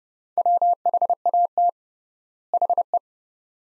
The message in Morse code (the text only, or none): WHAT HE